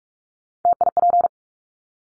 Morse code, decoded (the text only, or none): TIP